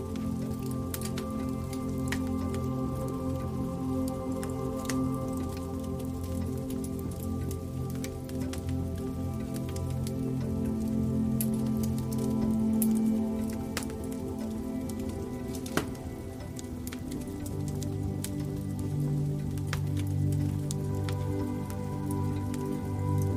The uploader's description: the fire crackles nearby and an old grandfather clock ticks through the night